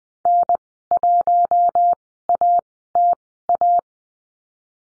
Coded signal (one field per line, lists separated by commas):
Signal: Morse code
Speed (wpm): 20 wpm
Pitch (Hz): 700 Hz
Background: none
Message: N1ATA